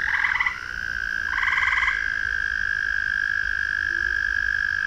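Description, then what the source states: Frog calls: two short pulsed croaking bursts at the start, over a continuous trilling drone that carries on to the end. Frogs recorded in a ravine at night.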